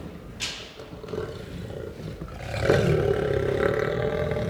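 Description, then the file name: Lion roar, low grumbling that builds into a louder sustained roar in the second half, with a brief noise near the start. Lion growling and roaring. "Het grommen en brullen van een leeuw - Sound Cloud - Beeld en Geluid"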